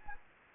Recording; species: mosquito wingbeat signal from an infrared sensor; Anopheles arabiensis